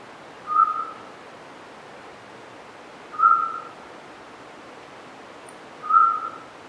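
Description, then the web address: Eurasian scops owl giving short, pure, mid-pitched whistled notes, each a brief single hoot repeated about every two and a half seconds against quiet background hiss. "Autillo europeo"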